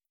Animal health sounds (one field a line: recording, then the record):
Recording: hydrophone in a shrimp aquaculture tank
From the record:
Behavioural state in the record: starved